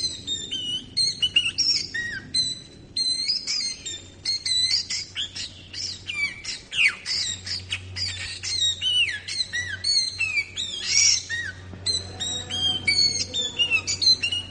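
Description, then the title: Sooty-headed bulbul calling in quick, busy bursts of sharp chirps and down-slurred whistled notes with brief pauses, a low hum running underneath. "Suara Burung Kutilang"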